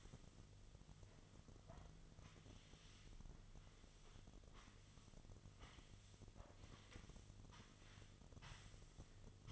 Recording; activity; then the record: daily activity, microphone in the room; sweep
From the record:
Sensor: 4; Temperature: 26.3 degrees Celsius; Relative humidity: 32.1%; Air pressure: 1005.6 hPa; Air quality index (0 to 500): 110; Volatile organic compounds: 3 ppm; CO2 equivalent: 1367 ppm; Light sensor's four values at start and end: 13/29/11/11 and 13/29/11/11